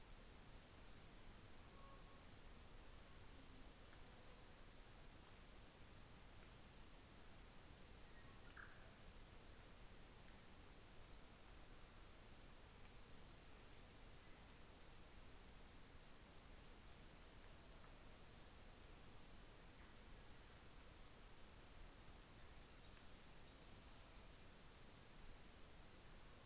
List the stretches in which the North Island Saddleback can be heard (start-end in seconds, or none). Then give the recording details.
none. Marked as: faintness 3/5. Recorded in New Zealand on 24 December 2018. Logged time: 15:10